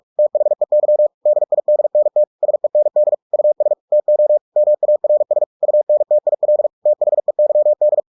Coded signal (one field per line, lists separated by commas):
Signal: Morse code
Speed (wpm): 46 wpm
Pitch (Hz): 600 Hz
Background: none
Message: THEY DIDNT SEND US TO MARS UNTIL THEYD